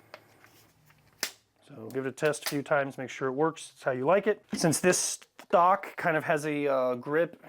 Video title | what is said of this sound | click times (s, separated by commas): How to remove AK thumbhole stock and install Magpul stock. | Once you get it to a certain point, it'll kind of unlatch and then you can swing it freely and then it'll just pop itself in. | 1.2 s